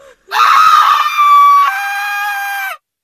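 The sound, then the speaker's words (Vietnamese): A single loud, sustained scream of terror, high-pitched and shrill, holding for over two seconds before it drops slightly in pitch and cuts off abruptly. “Bỗng một tiếng hét hãi hùng vang lên.”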